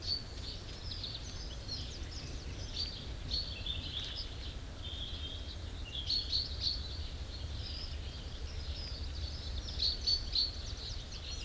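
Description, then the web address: Common chaffinch: sharp, high notes in small groups of two or three, among other faint bird sounds and a constant low background hum. "SETE Fringilla coelebs"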